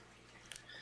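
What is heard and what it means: An IDE-style ribbon cable connector is pressed onto the header of a DRAC 5 card being installed in a Dell PowerEdge 2950, a connector that fits only one way. Over a low steady hum, two short, bright clicks sound at 0.5 s and 0.6 s as the connector seats down onto the header.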